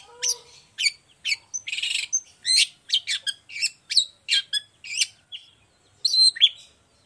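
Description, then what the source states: Long-tailed shrike song: a fast, varied run of sharp chirps, buzzy notes and short whistles, with brief pauses between them. Morning singing; vocally active bird with clear voice and full variation, including a 'toet toet' song style; presented for other shrikes to imitate.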